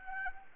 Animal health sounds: mosquito wingbeat signal from an infrared sensor; Anopheles arabiensis

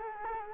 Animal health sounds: mosquito wingbeat signal from an infrared sensor; Culex quinquefasciatus

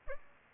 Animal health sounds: mosquito wingbeat signal from an infrared sensor; Aedes aegypti

